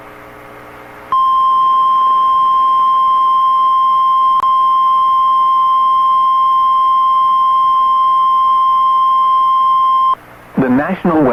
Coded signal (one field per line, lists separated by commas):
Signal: Emergency Alert System (SAME) tones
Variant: 1050 Hz attention tone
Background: speech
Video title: EAS #1,962 Online NOAA Weather Radio Severe T’storm Warning 5/20/25